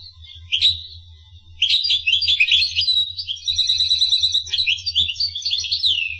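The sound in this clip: Finch singing a lively high twitter, a short note then a long jumble of fast chirps and a buzzy trilled stretch, with a faint low hum beneath.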